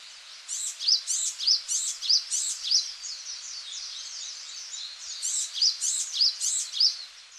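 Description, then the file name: Japanese tit with rhythmic high call phrases, about one every half second, in two runs separated by a stretch of softer mixed bird chatter. Recorded in Okinawa on 11 March 2006. "sijuukara 060311 okinawa kaji"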